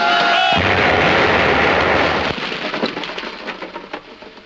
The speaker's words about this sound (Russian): Немцы вбегают в дом. Партизаны бросают в них гранаты. Взрыв.